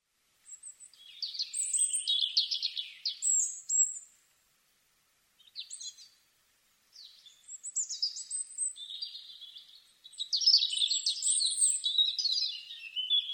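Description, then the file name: European robin song in several bursts: a jumbled twittering phrase, a short squeaky fragment after silence, then longer warbling phrases of high, sparkling notes. "Erithacus rubecula"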